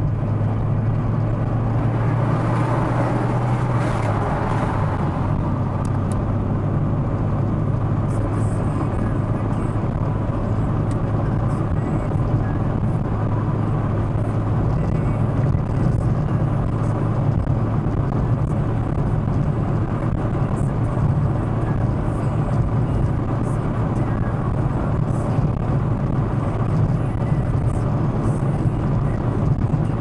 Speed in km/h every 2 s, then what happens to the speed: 106, 113, 115, 121, 122, 123, 124, 126, 127, 127, 127, 128, 128, 129, 129.
0-7 speeds up to 122. 7-30 steady at about 127.